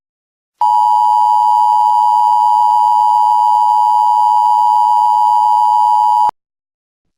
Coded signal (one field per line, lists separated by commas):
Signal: Emergency Alert System (SAME) tones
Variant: 853 and 960 Hz attention tone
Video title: EAS Scenario: Oklahoma Chaos and Maine Abduction